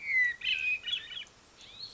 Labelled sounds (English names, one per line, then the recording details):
Hermit Thrush
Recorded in Sonoma County, California